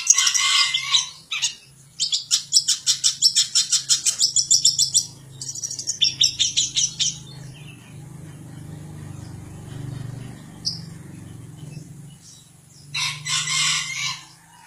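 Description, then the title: Long-tailed shrike song: harsh, scratchy high bursts of rapid chattering notes, then a quiet stretch with a low hum, ending with another loud burst. Song of a champion bird. "Kicau Burung Cendet Juara"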